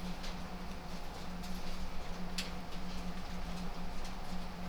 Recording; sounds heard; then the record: poultry house recording; no chicken sound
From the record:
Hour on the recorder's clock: 1